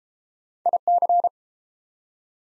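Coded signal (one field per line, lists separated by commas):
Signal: Morse code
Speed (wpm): 31 wpm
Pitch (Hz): 700 Hz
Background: none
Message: IC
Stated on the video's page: Morse drill of prefixes and suffixes in speed-racing format, starting at 1.5 times 22 wpm and slowing to 22 wpm; final repeat at maximum speed.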